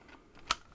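A test probe cable's bayonet barrel connector is lined up notch to peg with the input jack of a FNIRSI HRM-10 battery tester, pushed in and twisted. A sharp, short click sounds at 0.5 s as it locks in place, followed by a faint tick near 0.8 s. The connector is seated.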